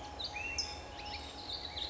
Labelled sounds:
California Towhee

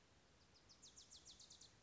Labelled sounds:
Wilson's Warbler

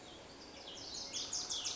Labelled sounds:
Wilson's Warbler

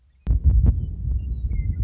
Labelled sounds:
Western Meadowlark

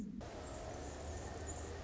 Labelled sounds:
Anna's Hummingbird

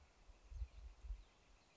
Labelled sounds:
Northern Flicker

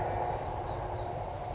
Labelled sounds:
California Towhee

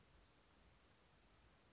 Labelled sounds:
Western Flycatcher

